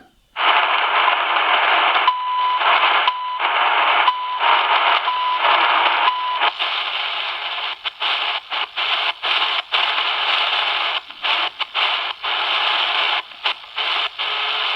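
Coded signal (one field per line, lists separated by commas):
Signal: radio time signal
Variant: CHU Canada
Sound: loud shortwave hiss with short 1 kHz beeps each second, then fading dropouts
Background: radio static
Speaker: Okay, CHU Canada. Yeah, I'll put the pop up here for the frequency, and if I forget what it is, 7 megahertz. It's but it's cool. It's picking it up. Nice.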